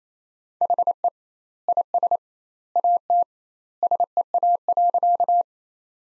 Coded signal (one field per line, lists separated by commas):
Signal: Morse code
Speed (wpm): 28 wpm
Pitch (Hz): 700 Hz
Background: none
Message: HE IS AT SEA.